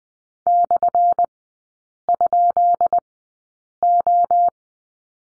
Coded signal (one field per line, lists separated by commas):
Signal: Morse code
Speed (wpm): 20 wpm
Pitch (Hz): 700 Hz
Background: none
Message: /?O